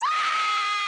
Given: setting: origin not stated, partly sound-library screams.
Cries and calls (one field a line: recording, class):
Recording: one-second piece from a danger detection set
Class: woman in danger